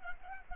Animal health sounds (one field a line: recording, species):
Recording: mosquito wingbeat signal from an infrared sensor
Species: Culex pipiens